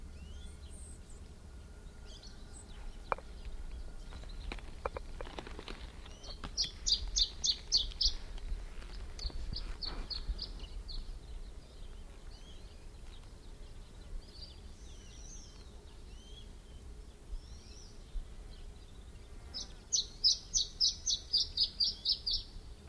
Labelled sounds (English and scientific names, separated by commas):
Canary Islands Chiffchaff (Phylloscopus canariensis) song